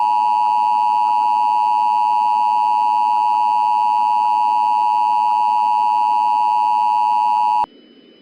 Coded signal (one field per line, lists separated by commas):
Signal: Emergency Alert System (SAME) tones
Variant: 853 and 960 Hz attention tone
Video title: EAS Tornado Emergency for Howard County ( CONTAINS VALID TONES )